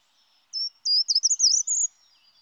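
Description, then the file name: Short-toed treecreeper song: one brief high phrase of thin notes that quickens into a jumbled, rising-and-falling flourish, then ends. "Grimpereau des jardins"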